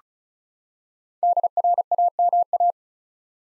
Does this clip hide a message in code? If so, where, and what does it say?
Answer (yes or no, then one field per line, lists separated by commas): yes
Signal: Morse code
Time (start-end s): 1.2-2.7 s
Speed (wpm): 34 wpm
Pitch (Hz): 700 Hz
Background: none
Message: DRAMA